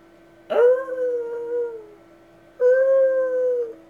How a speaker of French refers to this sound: Un silence profond qu'accentuaient les hurlements lointains d'un chien perdu.